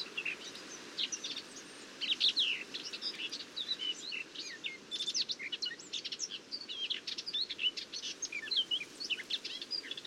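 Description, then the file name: Eurasian blackcap song: steady rapid warbling with many scratchy and whistled notes over a hissy background throughout. "Sylvia atricapilla"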